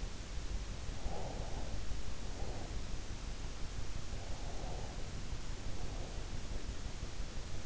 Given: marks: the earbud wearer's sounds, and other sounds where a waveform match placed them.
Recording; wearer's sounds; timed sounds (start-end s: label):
sounds in sleep by an in-ear microphone; breath
0.77-2.81 s: breath
3.92-6.71 s: breath